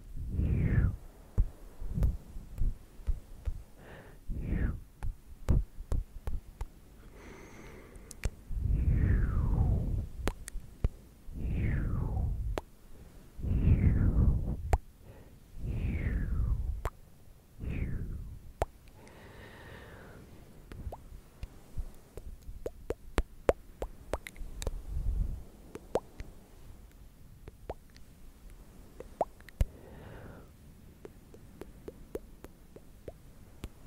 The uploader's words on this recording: ASMR clicky mouth sounds, tktk, sksk, tongue clicking and more.